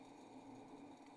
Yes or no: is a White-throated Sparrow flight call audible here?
no